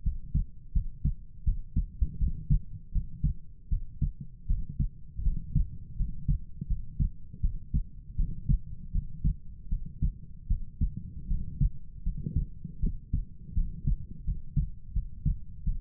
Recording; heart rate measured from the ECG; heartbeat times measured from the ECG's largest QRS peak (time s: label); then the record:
heart sounds by stethoscope; 81 bpm
0.03 s: heartbeat
0.73 s: heartbeat
1.44 s: heartbeat
2.18 s: heartbeat
2.92 s: heartbeat
3.69 s: heartbeat
4.47 s: heartbeat
5.22 s: heartbeat
5.96 s: heartbeat
6.67 s: heartbeat
7.41 s: heartbeat
8.15 s: heartbeat
8.91 s: heartbeat
9.68 s: heartbeat
10.47 s: heartbeat
11.27 s: heartbeat
12.03 s: heartbeat
12.80 s: heartbeat
13.54 s: heartbeat
14.24 s: heartbeat
14.93 s: heartbeat
15.64 s: heartbeat
From the record:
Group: healthy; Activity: cold pressor test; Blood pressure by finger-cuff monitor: 80/57 mmHg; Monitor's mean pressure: 66 mmHg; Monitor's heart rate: 80 bpm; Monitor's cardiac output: 6.2 L/min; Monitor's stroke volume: 77 mL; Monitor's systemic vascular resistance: 750 dyn s/cm5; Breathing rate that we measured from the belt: 21 breaths a minute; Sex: female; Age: 19 years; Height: 163 cm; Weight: 48.9 kg